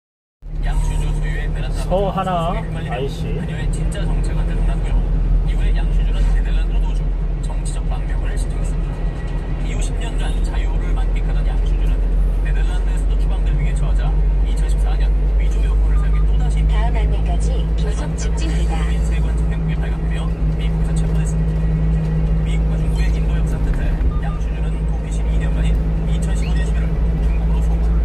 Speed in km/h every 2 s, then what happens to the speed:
40, 42, 43, 43, 42, 45, 47, 51, 54, 54, 54, 54, 54, 56.
0-8 steady at about 42. 8-16 speeds up to 54. 16-28 steady at about 54.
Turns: none.